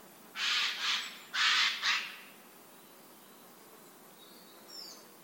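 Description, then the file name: Eurasian jay giving four harsh, rasping screeches in two quick pairs, then quiet with a faint high chirp from another bird. "Garrulus glandarius"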